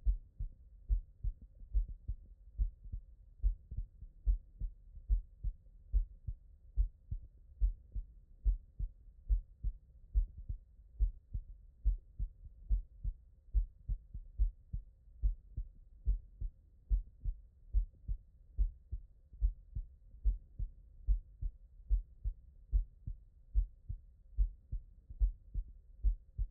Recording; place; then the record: heart sounds by stethoscope; tricuspid valve (TV)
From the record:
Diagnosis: non-HFrEF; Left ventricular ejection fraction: 66%